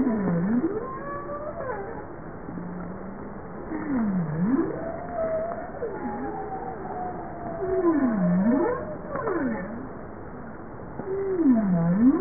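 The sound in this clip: Bowhead whale calling repeatedly, a series of low V-shaped moans that swoop down and up, overlapping fainter higher tonal sweeps.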